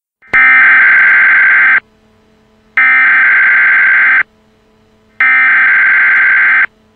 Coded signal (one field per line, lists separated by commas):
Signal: Emergency Alert System (SAME) tones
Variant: header bursts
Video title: EAS Scenario: SCP-096